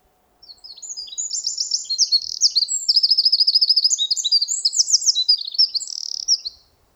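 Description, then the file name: Eurasian wren pouring out a long, shrill, very fast song of tumbling notes and rattling trills lasting about six seconds. "Troglodytes troglodytes"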